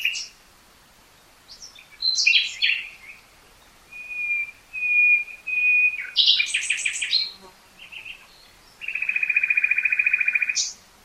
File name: Luscinia megarhynchos